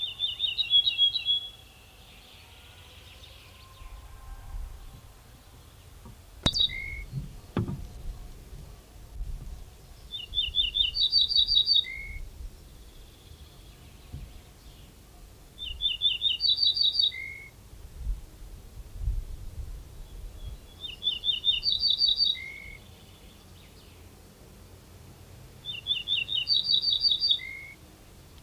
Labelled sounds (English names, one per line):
Ortolan Bunting song